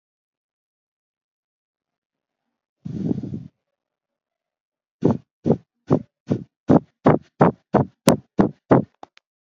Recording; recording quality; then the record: shallow breathing; excellent, no background noise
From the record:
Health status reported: exposed to COVID-19, no respiratory illness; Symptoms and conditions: hypertension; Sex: male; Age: 25 years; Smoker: not ticked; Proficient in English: yes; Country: India